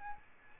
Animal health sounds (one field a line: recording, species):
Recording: mosquito wingbeat signal from an infrared sensor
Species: Aedes albopictus